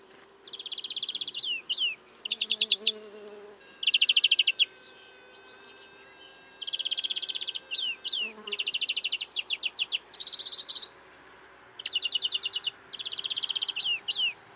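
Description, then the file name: European greenfinch twittering in repeated rapid chirp series, several bursts ending in downslurred notes, over a low hum. "Chloris chloris"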